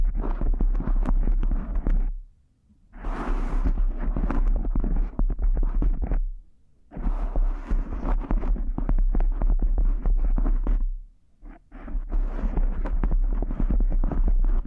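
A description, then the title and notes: Cork triggers fill the recording with dense bursts of soft scraping, crackling and tapping, some brighter and hissier than others. The handling stops twice, briefly near 2 seconds and again around 11 seconds. A low steady hum runs underneath the whole time. ASMR Cork Triggers. (No Talking).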